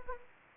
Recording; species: mosquito wingbeat signal from an infrared sensor; Anopheles gambiae